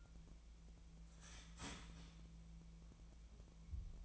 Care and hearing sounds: daily activity, microphone in the room; start toaster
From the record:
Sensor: 1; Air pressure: 1000.3 hPa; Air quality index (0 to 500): 157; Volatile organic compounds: 3 ppm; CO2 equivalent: 1472 ppm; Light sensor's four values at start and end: 29/72/30/36 and 28/71/30/35

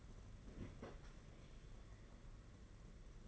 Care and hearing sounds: daily activity, microphone in the room; open fridge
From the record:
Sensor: 4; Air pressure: 992.7 hPa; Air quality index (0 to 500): 166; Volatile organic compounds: 219 ppm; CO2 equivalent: 4274 ppm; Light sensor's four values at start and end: 19/66/24/25 and 19/66/24/25

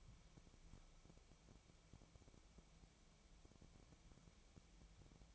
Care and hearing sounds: daily activity, microphone in the room; wipe stove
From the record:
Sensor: 1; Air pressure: 1001.6 hPa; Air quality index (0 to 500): 218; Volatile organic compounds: 27 ppm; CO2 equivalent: 2898 ppm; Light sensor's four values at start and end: 7/28/10/11 and 7/28/10/11

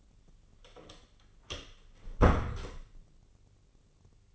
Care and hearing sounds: daily activity, microphone in the room; close door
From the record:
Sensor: 4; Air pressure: 1010.0 hPa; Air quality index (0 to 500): 190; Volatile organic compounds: 3 ppm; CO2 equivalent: 1367 ppm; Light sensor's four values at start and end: 30/73/30/32 and 33/79/32/34

